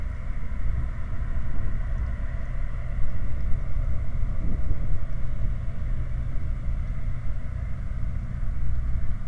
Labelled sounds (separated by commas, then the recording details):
machinery, flare stack
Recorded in the Prudhoe Bay oil fields, Alaska, on 10 August 2019 at 18:31
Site 29